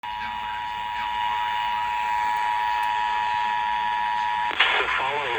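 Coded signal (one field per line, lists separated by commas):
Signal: Emergency Alert System (SAME) tones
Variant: 853 and 960 Hz attention tone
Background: speech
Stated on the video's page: Flash flood warning received off FM radio station KNEV, 95.5, Reno, Nevada.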